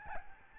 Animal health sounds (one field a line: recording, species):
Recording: mosquito wingbeat signal from an infrared sensor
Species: Aedes albopictus